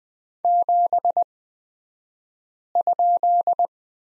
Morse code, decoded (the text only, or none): 7?